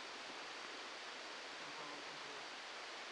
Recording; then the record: brain microelectrode recording played as sound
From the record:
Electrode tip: outside the subthalamic nucleus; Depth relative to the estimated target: 1 mm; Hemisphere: left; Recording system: NeuroSet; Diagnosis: Parkinson's disease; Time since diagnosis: 7 years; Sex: male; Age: 44 years